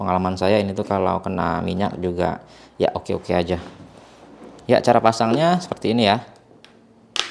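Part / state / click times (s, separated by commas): paint container into electric spray gun body / seated / 7.2 s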